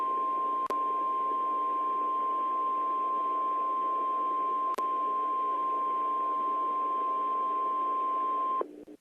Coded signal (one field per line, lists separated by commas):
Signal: Emergency Alert System (SAME) tones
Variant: 1050 Hz attention tone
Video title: EAS Recreation | El Reno Tornado. @RaphaEAS #MockMasterChallenge